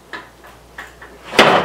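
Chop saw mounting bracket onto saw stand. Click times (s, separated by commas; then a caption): 1.4 s. The front feet of a chop saw are set into the stand brackets, with light knocks near 0.1, 0.8 and 1.0 s, then the back end is lowered. At 1.4 s the metal bracket latch gives a loud click that locks the saw onto the stand. The saw is seated, since without that click it would not be locked in.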